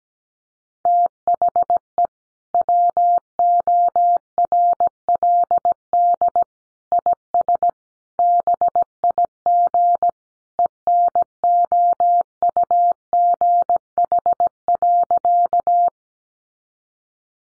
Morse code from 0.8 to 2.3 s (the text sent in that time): THE